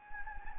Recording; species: mosquito wingbeat signal from an infrared sensor; Anopheles gambiae